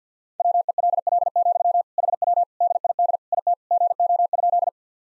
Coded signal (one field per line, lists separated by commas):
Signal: Morse code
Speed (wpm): 48 wpm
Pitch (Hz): 700 Hz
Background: none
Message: WELL, HW DID IT GO?